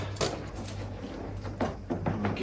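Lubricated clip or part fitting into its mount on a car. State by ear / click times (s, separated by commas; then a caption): seated / 0.2 s, 1.6 s, 2.1 s, 2.2 s. A freshly lubricated small clip on an Alfa Romeo 159 is turned over, lined up and pushed home into its mount. Short, sharp clicks sound at about 0.2, 1.6, 2.1 and 2.3 seconds. It seats easily.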